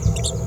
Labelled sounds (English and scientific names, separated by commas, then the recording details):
Green-rumped Parrotlet (Forpus passerinus) babbling
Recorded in a nest box in Venezuela
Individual 18B17A3